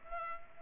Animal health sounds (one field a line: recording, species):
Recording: mosquito wingbeat signal from an infrared sensor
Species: Culex pipiens